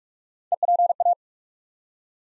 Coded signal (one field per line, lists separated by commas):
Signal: Morse code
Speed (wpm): 43 wpm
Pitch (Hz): 700 Hz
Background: none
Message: EPA